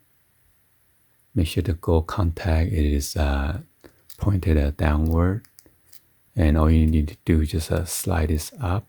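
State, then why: Not seated. A nano SIM card is placed gold-contacts-down in the card slot of an Alcatel QuickFlip flip phone, ready for the plastic retaining latch to be slid up over it to lock it in place, while someone talks. The latch has not clicked shut yet, and nothing has seated.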